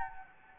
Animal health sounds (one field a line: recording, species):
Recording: mosquito wingbeat signal from an infrared sensor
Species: Anopheles gambiae